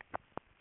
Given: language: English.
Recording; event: throat vibration sensor signal played as sound; swallow